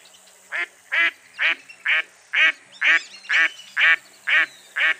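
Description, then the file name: Duck uttering a fast series of loud, rasping quacks, about two per second, ten in all, steady and regular. "zvuki glazchatoi kriakvy"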